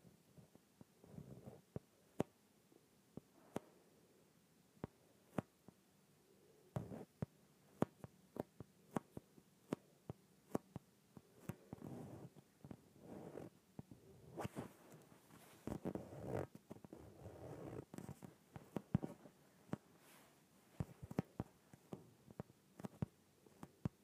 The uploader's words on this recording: ASMR Inflated Yoga Ball.